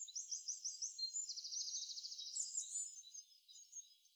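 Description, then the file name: Eurasian wren song: rapid high-pitched notes, then a fast buzzy trill and a burst of varied twittering phrases, all high and energetic. "Troglodytes troglodytes"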